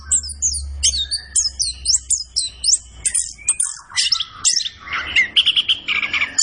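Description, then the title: Orange-headed thrush with a busy song of high, sharp, repeated chips and whistles, turning to a lower, warbling passage near the end. Kept songbird singing gacor, used as masteran to train other birds in Indonesian songbird keeping (kicau mania). "Anis Kembang Gacor. Kicau Mania Masteran Anis Kembang"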